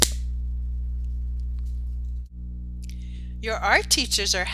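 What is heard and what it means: A plastic cap is pressed back onto a marker and seats with one sharp click at 0.0 s, leaving it closed. After the click a steady low hum runs through the clip, and near the end someone talks.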